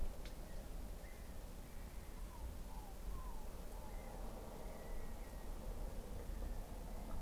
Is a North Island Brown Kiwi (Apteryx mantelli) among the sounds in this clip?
no